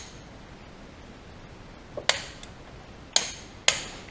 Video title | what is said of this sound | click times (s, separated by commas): Mini Cooper R56 Chain Install (putting back together Step by Step) Part 2 | tighten these up till it clicks. | 3.7 s